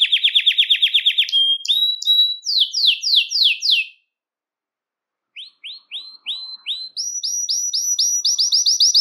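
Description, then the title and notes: Belgian canary song: a fast rolling trill, then loud descending sweeps, a pause, rising chips building into a quick high trill. "Canario Belga, nyonyastudio"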